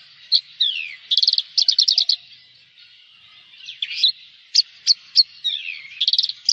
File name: suara burung branjangan jawa